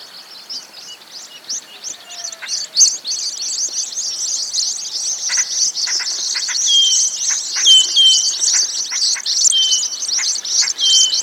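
Bird calls: dense high-pitched twittering chorus, with several clear downslurred whistles and scattered clicks running through the recording.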